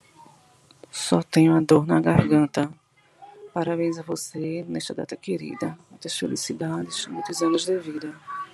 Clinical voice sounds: short text; Brazilian Portuguese; female; 40 to 49 years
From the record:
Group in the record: control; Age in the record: 42 years

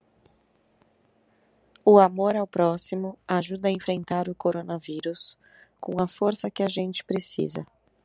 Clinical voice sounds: spoken sentence; Brazilian Portuguese; female; 30 to 39 years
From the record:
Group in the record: control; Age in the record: 32 years

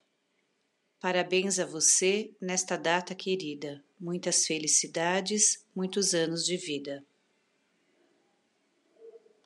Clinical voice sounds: short text; Brazilian Portuguese; female; 50 to 59 years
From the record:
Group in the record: control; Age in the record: 50 years

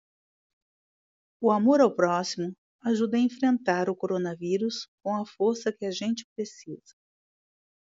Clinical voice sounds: spoken sentence; Brazilian Portuguese; female; 50 to 59 years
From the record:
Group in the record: control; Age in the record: 58 years

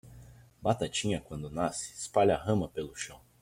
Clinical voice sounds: short text; Brazilian Portuguese; male; 20 to 29 years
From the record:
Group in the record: control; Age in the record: 20 years

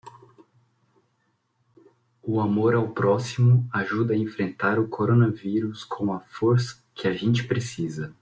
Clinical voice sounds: spoken sentence; Brazilian Portuguese; male; 30 to 39 years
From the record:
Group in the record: control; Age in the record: 30 years

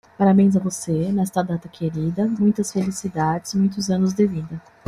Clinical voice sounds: short text; Brazilian Portuguese; female; 30 to 39 years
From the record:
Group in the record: control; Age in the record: 33 years

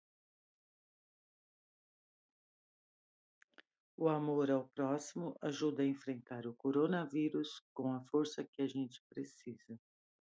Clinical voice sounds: spoken sentence; Brazilian Portuguese; female; 60 to 69 years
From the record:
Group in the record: control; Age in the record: 62 years

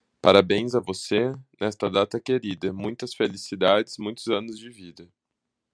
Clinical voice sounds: short text; Brazilian Portuguese; male; 30 to 39 years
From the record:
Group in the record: control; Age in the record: 31 years

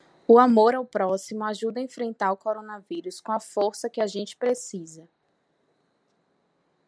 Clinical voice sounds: spoken sentence; Brazilian Portuguese; female; 30 to 39 years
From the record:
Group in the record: control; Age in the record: 34 years

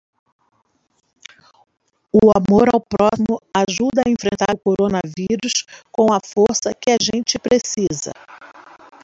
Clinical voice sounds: spoken sentence; Brazilian Portuguese; female; 50 to 59 years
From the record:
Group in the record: control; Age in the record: 53 years

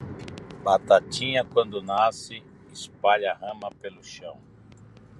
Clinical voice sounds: short text; Brazilian Portuguese; male; 50 to 59 years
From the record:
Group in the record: control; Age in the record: 53 years

